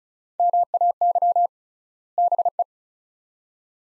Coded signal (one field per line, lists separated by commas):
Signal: Morse code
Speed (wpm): 36 wpm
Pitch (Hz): 700 Hz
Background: none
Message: MAY BE